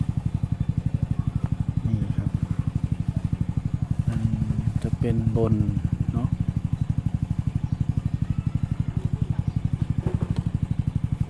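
While installing a 200 W solar lamp, someone handles the plastic cable connector joining the solar panel to the lamp cable connector and talks, over a steady, pulsing, engine-like low rumble, with brief sharp sounds at about 1.5 s and 10.4 s. Nothing has seated or clicked yet; the clip ends just before the connector locks in.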